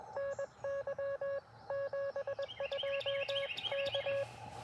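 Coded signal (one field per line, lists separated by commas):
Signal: Morse code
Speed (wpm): 21 wpm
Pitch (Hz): 1650 Hz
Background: none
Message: NY 72 K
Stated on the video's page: QRP CW Parks on the Air activation in early morning, Elecraft KX2 keyed with BaMaKeY TP-III paddles, Chameleon MPAS Lite antenna.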